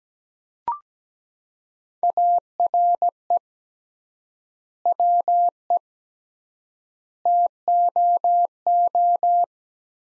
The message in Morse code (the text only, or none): ARE WE TOO